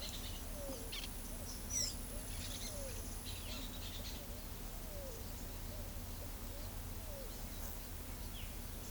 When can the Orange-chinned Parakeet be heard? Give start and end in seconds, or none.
0.00-1.07, 2.24-4.22